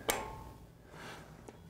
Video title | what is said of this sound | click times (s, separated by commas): UMaine Extension Tractor Safety: Tractor Power Take-off Safety | once that clicks that means that the bearing has fallen back in place | 0.1 s